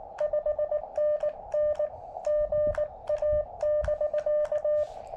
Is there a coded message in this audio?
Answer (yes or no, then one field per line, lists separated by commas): yes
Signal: Morse code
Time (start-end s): 0.2-4.8 s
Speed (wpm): 20 wpm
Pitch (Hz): 590 Hz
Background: none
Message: 5NN GA<BK>